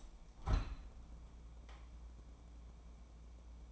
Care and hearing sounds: daily activity, microphone in the room; open window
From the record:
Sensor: 1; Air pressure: 1012.4 hPa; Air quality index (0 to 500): 167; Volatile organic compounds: 3 ppm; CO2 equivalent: 1363 ppm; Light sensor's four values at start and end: 150/337/149/157 and 137/310/136/145

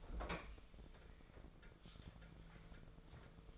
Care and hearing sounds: daily activity, microphone in the room; open fridge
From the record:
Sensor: 5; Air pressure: 1014.9 hPa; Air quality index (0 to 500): 177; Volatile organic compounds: 6 ppm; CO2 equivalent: 1942 ppm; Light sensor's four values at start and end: 58/136/57/61 and 68/159/67/74

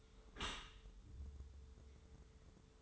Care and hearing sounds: daily activity, microphone in the room; close dishwasher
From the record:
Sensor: 3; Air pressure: 1014.9 hPa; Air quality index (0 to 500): 33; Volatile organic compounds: 1 ppm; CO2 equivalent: 548 ppm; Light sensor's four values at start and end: 11/26/11/11 and 11/26/11/11

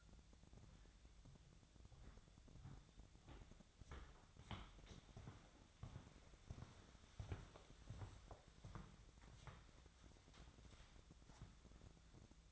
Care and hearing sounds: daily activity, microphone in the room; walk to room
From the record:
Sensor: 3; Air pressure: 999.9 hPa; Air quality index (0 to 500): 123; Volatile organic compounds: 2 ppm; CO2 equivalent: 1109 ppm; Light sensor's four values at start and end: 42/102/45/49 and 40/99/43/47

